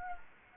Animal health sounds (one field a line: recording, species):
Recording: mosquito wingbeat signal from an infrared sensor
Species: Anopheles gambiae